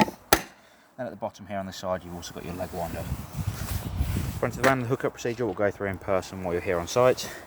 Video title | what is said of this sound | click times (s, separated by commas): www.thecaravancompany.com present: 2004 Abbey Archway Royale 550L | You pull the blue trigger back and push it into the side of the van. It locks in place. | 0.3 s